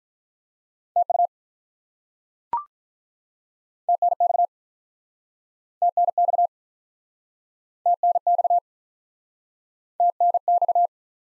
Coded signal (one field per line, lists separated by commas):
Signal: Morse code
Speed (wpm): 49 wpm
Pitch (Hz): 700 Hz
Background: none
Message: TU TNX TNX TNX TNX